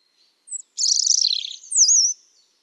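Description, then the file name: European robin giving one short phrase: a brief high note, a buzzy scratchy burst, then a clear wavering whistle sliding down. "Erithacus rubecula"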